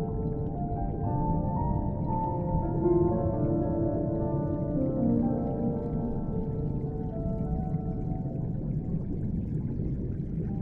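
Muffled piano notes drift through a dense, steady underwater rumble, the sustained tones dull and low as if heard from far beneath water.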